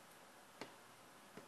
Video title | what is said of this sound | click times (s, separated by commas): Touch Display Replacement Asus Google Nexus 7 2nd Gen 2013 | You'll actually hear that snap in place. | 0.6 s